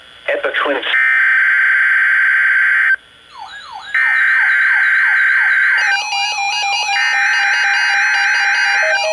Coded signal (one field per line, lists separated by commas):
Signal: Emergency Alert System (SAME) tones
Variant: header bursts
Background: speech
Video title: Required Weekly Test - 06/14/17 (EAS #1,356)